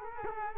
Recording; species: mosquito wingbeat signal from an infrared sensor; Culex quinquefasciatus